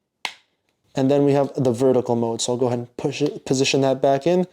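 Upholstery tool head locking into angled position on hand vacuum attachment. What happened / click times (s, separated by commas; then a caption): The plastic hinge clicked into its locked position / 0.2 s. A plastic upholstery attachment on a Bissell Pet Hair Eraser cordless hand vacuum is bent from its horizontal position into its second, angled locking position. It gives a sharp click at 0.2 s, then someone talks. The tool head locks into place.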